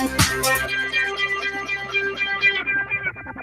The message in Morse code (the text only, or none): none